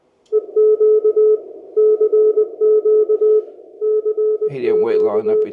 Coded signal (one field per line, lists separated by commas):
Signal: Morse code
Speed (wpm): 20 wpm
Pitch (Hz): 430 Hz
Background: speech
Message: EQ CQ CQ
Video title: Radio Helpers for All Hams You Might Have Missed